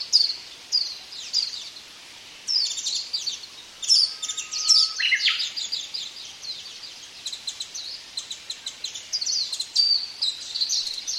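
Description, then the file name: Warbling white-eye song: a dense, high-pitched twittering of rapid chirps and trills. "mejiro"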